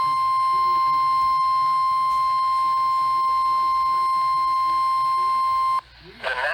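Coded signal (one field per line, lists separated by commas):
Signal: Emergency Alert System (SAME) tones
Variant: 1050 Hz attention tone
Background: speech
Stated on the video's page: Multiple EAS alerts captured on one day, before a tropical storm.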